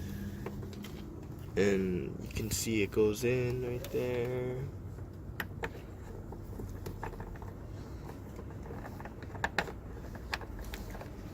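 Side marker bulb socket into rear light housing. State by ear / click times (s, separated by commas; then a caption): not seated / none. Someone talks while an LED side marker bulb socket is handled against the rear side indicator light housing of a 2015–2017 Subaru STI, ready to be pushed or twisted in until it locks. A few sharp handling taps are heard around 5.4, 9.4, 9.6 and 10.3 seconds. The clip ends before the socket goes home, and nothing has seated or clicked yet.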